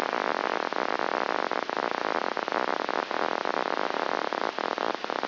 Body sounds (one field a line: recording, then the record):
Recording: brain microelectrode recording played as sound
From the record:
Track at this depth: inside the subthalamic nucleus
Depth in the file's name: 4.502 mm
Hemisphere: left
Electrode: 2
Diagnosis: Parkinson's disease